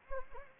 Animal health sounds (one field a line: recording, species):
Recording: mosquito wingbeat signal from an infrared sensor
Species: Anopheles arabiensis